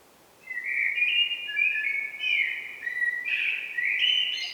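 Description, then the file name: Common blackbird singing a continuous warbled phrase of rich, varied whistled notes that climbs into squeaky high twitters near the end. "Turdus merula"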